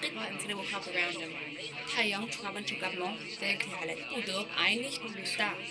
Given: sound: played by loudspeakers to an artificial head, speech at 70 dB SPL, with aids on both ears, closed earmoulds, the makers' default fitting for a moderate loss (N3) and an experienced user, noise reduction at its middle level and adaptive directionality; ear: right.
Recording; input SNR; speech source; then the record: speech test signal (ISTS) in cocktail-party noise; +3 dB; in front (0 degrees)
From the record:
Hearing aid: class 2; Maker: C